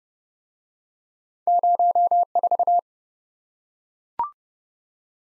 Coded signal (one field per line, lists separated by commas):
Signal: Morse code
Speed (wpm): 25 wpm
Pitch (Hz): 700 Hz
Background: none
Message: 04